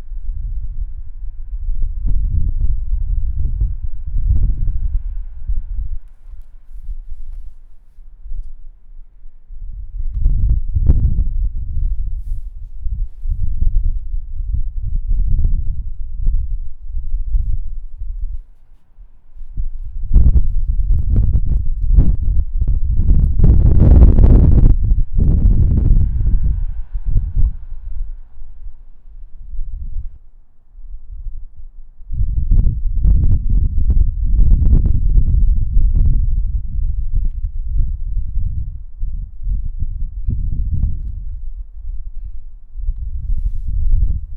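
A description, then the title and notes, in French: Wind buffets a microphone in irregular gusts, producing deep rumbling thumps concentrated in the low end. The bursts come and go every few seconds, with a stronger, brighter blast around 20–28 seconds and brief lulls near 19 and 31 seconds. Vent dans micro.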